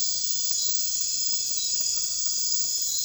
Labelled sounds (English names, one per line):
none